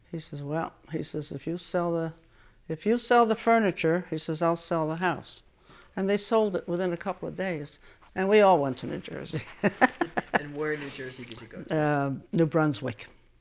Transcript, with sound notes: He says, "Well," he says, "If you sell the, if you sell furniture," he says, "I'll sell the house." And they sold it within a couple of days. And we all went to New Jersey. (she laughs) And where in New Jersey did you go to? New Brunswick.